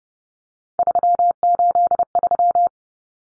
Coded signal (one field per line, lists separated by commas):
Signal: Morse code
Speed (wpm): 30 wpm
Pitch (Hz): 700 Hz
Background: none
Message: 383